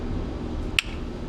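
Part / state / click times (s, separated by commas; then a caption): latch bottom part into tour pack face plate / seated / 0.8 s. The bottom part of a HOGWORKZ tour pack latch for Harley-Davidson motorcycles is hooked into the lower hole, lined up with the top hole and pushed down into the tour pack face plate. A single sharp, bright click at 0.8 s stands out over a steady low rumble. The latch part snaps into the face plate and is seated.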